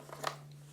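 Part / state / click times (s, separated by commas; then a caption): telescoping stylus into the stylus slot of a handheld PDA / seated / 0.3 s. A collapsible plastic telescoping stylus is slid back into the stylus slot of a Newton MessagePad 110 handheld PDA and pushed down until it clicks in. A faint tick at about 0.1 s is followed by a sharp click at 0.3 s, heard over a steady low hum. The stylus is seated back in its slot.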